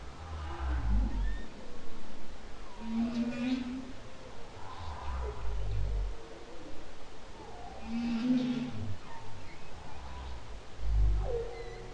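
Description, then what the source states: Humpback whale song: low moans and short rising whoops alternate with deep grunts, phrases repeating about every five seconds over steady underwater hiss. Humpback whale song, October 2012.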